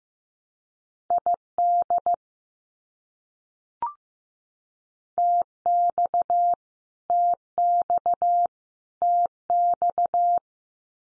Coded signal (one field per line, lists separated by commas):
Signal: Morse code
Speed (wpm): 15 wpm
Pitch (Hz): 700 Hz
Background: none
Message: ID TX TX TX